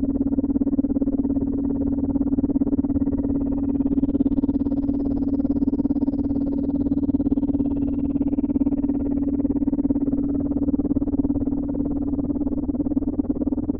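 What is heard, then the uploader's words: A steady binaural isochronic tone hums low and constant, pulsing evenly, with a faint bright whistle rising and falling midway. Binaural Isochronic.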